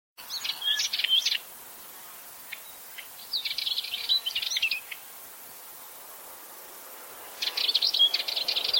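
Bird giving three bursts of rapid, high, scratchy chirps separated by quiet pauses of a couple of seconds, over a faint steady hiss.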